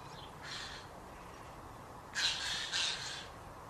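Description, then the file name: Eurasian jay, a rasping screech followed by two louder harsh grating calls in close succession, over steady background hiss. "Garrulus glandarius"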